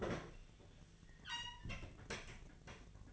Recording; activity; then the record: daily activity, microphone in the room; open fridge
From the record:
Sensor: 4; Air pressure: 1010.5 hPa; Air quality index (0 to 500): 176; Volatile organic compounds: 5 ppm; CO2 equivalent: 1784 ppm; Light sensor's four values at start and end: 34/99/39/39 and 27/82/32/33